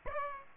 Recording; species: mosquito wingbeat signal from an infrared sensor; Aedes aegypti